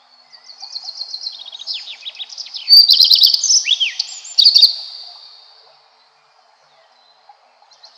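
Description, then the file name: Common Redstart song, a run of quick chirps building into loud high twittering with slurred down-sweeps, then quiet with a few faint notes at the end. "Golosa ptic - Gorihvostka lysushka"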